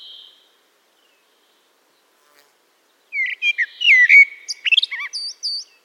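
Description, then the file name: Eurasian blackbird song: one phrase after a long silence, with fluted, slurred whistles that rise into thin, high squeaky notes at the end. "Turdus merula"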